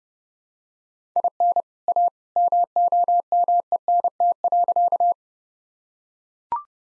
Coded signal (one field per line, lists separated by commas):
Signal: Morse code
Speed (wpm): 30 wpm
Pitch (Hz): 700 Hz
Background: none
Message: IN A MOMENT.